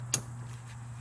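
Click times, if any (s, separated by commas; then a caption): 0.1 s. A replacement radiator fan relay for a 2007 Ford Crown Victoria is pushed into its socket in the engine-bay fuse/relay box, giving a single short, less-than-satisfying click at 0.1 s over a steady low hum. The relay clicks in and is seated, and another brief tap follows at 1.0 s.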